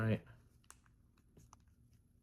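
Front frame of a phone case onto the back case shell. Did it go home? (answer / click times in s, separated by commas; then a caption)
yes / 0.7 s, 1.5 s. Someone talks briefly, then the front frame of an AMILIFECASES 360° plastic/TPU MagSafe protective case is pressed onto the back case shell around an iPhone 16 Pro Max. Sharp snap clicks are heard at 0.7 s and 1.5 s, with a faint tick in between, as the frame snaps in place and seats.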